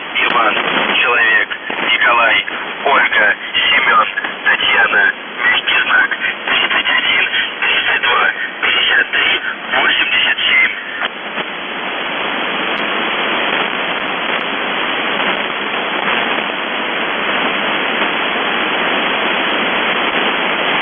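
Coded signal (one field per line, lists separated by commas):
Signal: numbers station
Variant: UVB-76 voice message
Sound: voice reading words over a radio channel for about 11 seconds, then only hiss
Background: radio static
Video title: The Buzzer/UVB-76(4625Khz) August 11, 2021 15:53UTC Voice message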